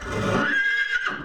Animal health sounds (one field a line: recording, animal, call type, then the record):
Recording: contact call of a hoofed animal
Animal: horse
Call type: whinny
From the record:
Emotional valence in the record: positive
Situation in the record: reunion with the whole group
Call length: 1.25 s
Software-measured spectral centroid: 1970 Hz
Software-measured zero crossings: 2780 a second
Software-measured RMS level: -24 dBFS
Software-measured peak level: -10 dBFS